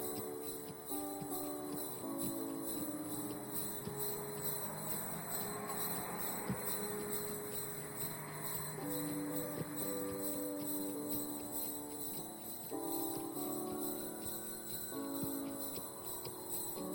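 A carriage ride with bright jingling bells that ring steadily from start to finish. Beneath them, sustained tones shift pitch every few seconds, like a slow tune, with a low rumble underneath and an even overall loudness.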